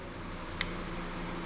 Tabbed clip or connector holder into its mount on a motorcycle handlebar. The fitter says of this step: just kind of slides in you'll hear it click